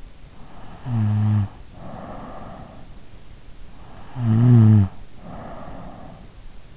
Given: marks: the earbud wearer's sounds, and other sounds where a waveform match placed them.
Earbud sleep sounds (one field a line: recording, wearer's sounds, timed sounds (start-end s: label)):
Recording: sounds in sleep by an in-ear microphone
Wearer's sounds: snoring breath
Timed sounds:
0.13-2.94 s: snoring breath
3.79-6.38 s: snoring breath